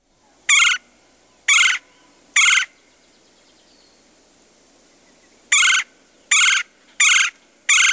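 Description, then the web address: Red-bellied Woodpecker calling with harsh, rolling churr notes: three bursts about a second apart, a pause of about three seconds, then four more in quicker succession. Chicago region. "Birds of the Chicago Region. Red-bellied Woodpecker"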